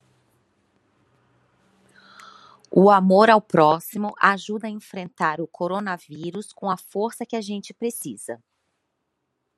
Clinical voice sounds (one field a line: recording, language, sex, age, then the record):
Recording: spoken sentence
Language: Brazilian Portuguese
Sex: female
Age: 40 to 49 years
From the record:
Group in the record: control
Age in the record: 45 years